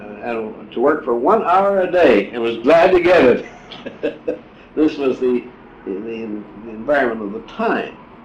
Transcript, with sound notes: had to work for one hour a day and was glad to get it. [laughs] This was the environment of the time.